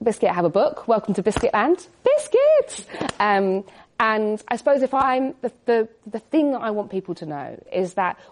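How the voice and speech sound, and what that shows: A woman speaks in clear, fluent phrases, but the word "biscuit", one of her regular vocal tics, bursts out three times, suddenly and out of context, breaking into her sentences, with hesitant pauses between. These are involuntary vocal tics of Tourette syndrome, noises she cannot control, which began at about age 6 and intensified in her early 20s.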